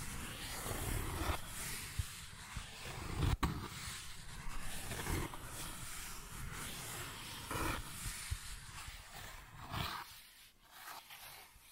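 Cardboard is scratched and rubbed in a rough, continuous rasp with a heavy low rumble underneath. Louder tearing bursts flare up irregularly, around two, three and eight seconds, with one sharp snap near three seconds, before the scraping thins out toward the end.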